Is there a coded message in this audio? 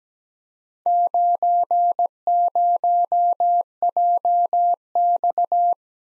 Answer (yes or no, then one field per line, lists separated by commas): yes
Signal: Morse code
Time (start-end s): 0.9-5.7 s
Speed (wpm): 17 wpm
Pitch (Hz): 700 Hz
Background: none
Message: 90JX